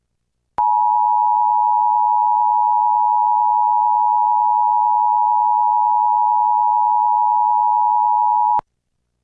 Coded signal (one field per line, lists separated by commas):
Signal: Emergency Alert System (SAME) tones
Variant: 853 and 960 Hz attention tone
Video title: EAS #888: EAS Required Monthly Test- Nov. 7, 2023- 10:15AM PST